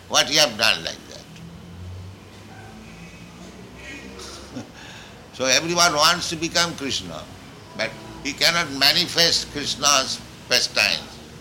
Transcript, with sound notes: What you have done like that?" [laughs] So everyone wants to become Kṛṣṇa, but he cannot manifest Kṛṣṇa's pastimes.